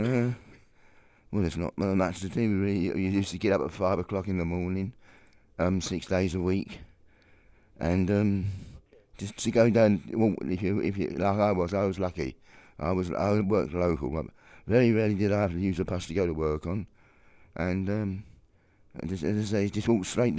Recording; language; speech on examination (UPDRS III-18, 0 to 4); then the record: conversation on a phone call; English; 1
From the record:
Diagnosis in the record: Parkinson's disease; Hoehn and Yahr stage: 4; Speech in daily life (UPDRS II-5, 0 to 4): 1